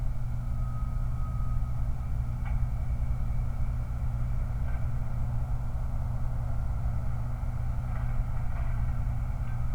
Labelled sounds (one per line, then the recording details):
truck
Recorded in the Prudhoe Bay oil fields, Alaska, on 29 July 2019
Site 29